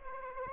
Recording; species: mosquito wingbeat signal from an infrared sensor; Aedes aegypti